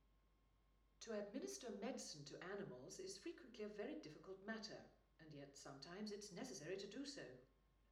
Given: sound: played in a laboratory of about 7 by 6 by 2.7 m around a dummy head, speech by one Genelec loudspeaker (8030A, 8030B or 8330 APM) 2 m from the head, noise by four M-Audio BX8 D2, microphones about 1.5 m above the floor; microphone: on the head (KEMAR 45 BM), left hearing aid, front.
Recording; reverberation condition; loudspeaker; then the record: female speech in English; medium; 60 degrees to the left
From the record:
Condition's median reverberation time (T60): about 510 ms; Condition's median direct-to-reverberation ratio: about -0.5 dB